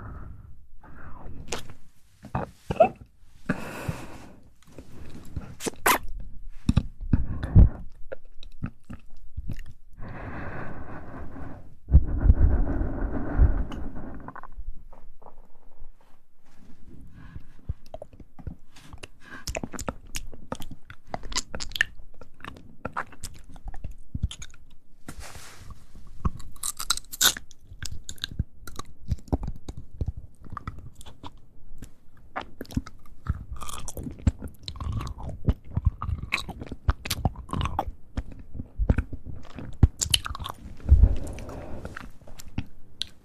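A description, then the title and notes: Tingly mouth sounds: wet clicks, smacks and crunchy chewing-like snaps in quick irregular bursts, some sharp and bright. Around 10 to 15 seconds a denser rustling, crackling stretch swells, then the clicking resumes and grows busier toward the end. ASMR Tingly Mouth Sounds.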